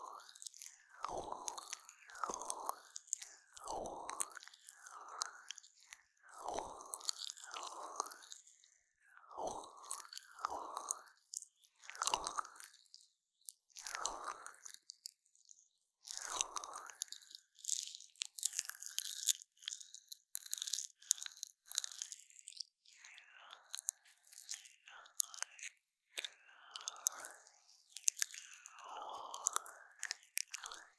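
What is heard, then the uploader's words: A sticky aloe gel is massaged over an ear: wet, squelching strokes land roughly once a second at first. Midway the rubbing turns into a thinner run of bright, tacky crackles, then the slower squishy strokes return. 蘆薈凝膠按摩耳朵 | Aloe based gel sticky Earmassage | 3Dio | NoTalking.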